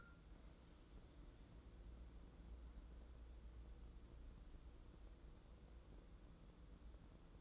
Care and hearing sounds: daily activity, microphone in the room; wipe stove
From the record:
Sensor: 3

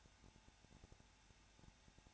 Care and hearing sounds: daily activity, microphone in the room; no activity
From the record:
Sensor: 2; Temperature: 21.0 degrees Celsius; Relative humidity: 34.3%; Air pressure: 994.4 hPa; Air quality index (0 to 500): 172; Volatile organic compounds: 3 ppm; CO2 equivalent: 1335 ppm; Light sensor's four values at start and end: 2/3/2/2 and 2/3/2/2

